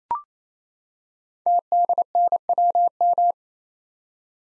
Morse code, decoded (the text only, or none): TDNWM